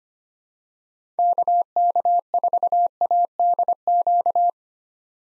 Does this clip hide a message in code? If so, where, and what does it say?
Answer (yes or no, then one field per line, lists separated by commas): yes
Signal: Morse code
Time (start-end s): 1.2-4.5 s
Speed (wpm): 25 wpm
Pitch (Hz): 700 Hz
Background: none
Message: KK4ADQ